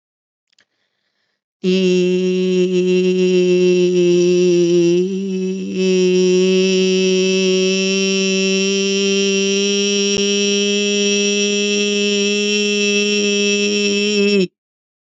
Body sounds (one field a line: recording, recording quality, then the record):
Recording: sustained vowel as in beet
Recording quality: excellent, no background noise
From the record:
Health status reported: healthy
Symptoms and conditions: none ticked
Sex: female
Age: 55 years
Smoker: not ticked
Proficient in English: yes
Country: India